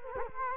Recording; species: mosquito wingbeat signal from an infrared sensor; Culex quinquefasciatus